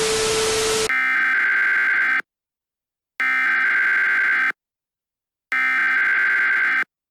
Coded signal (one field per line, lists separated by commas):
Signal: Emergency Alert System (SAME) tones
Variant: header bursts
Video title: EAS Scenario: The Frost Apocalypse - This Was Never A Blizzard